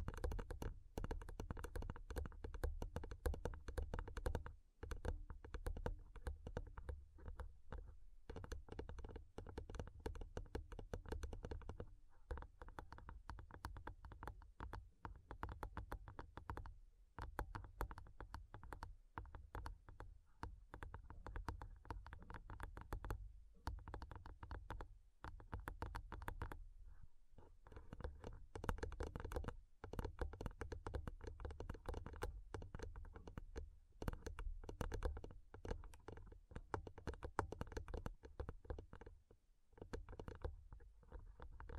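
Fingernails tap rapidly on a microphone in dense, continuous bursts of clicks, sounding much like fast typing. The taps carry a heavy low thump under bright clicky edges, with brief gaps around 5, 17, 27, 30 and 40 seconds before the tapping resumes.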